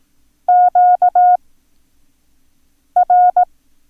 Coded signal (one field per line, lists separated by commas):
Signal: Morse code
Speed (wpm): 18 wpm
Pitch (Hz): 720 Hz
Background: none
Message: QR